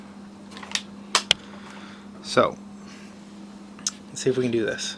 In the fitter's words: tabs are gonna click right into that okay so